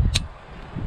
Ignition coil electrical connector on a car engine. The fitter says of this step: like that and over here this one you can hear the click